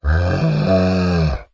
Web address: muggito di una mucca muggito primo piano